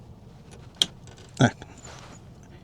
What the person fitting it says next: You hear the click? So, you need to push a bit uh harder.